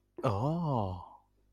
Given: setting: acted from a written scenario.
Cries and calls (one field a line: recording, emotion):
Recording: vocal sound without words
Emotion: awe